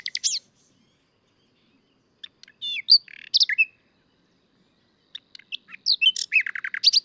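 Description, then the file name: Common nightingale song: three varied phrases of sharp whistles, rapid repeated notes and harsh chirps, separated by pauses of one to two seconds. "Luscinia megarhynchos"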